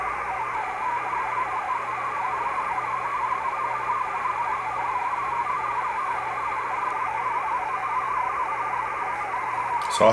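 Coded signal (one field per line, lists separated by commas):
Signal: multi-tone FSK (Olivia or MFSK type)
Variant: Olivia 8/500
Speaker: here's the decoding of the Olivia signal on my screen right here. So this is Olivia 8500.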